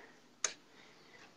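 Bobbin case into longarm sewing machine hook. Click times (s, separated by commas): 0.4 s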